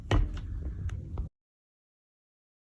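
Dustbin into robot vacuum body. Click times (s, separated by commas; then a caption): 0.1 s. After being emptied, a plastic dustbin is slid front edge first under the lip of a robot vacuum and pushed in. It snaps into place with a sharp click at 0.1 s, followed by softer knocks and handling noise over a low hum until the sound cuts off at about 1.3 s. The bin is seated.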